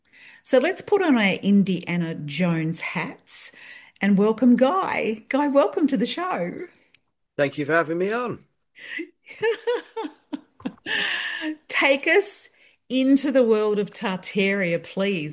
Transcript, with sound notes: So let's put on our Indiana Jones hats and welcome Guy. Guy, welcome to the show.
Thank you for having me on.
(laughs) Take us into the world of Tartaria, please.